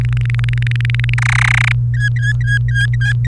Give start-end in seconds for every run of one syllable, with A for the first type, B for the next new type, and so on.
0.01-1.14 A, 1.18-1.72 B, 1.94-3.12 C, 3.25-3.27 D